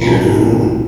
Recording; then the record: squeal of a Yucatan mini pig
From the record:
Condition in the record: before surgery on the right vocal fold (resection and tissue-engineered implant); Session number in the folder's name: 1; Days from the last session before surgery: -3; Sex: male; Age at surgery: 12 weeks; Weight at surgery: 13 kg